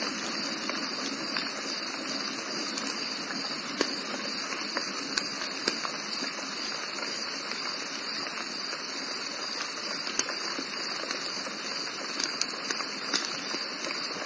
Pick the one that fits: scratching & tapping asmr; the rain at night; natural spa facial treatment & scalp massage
the rain at night